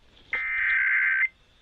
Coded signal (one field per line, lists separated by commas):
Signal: Emergency Alert System (SAME) tones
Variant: header bursts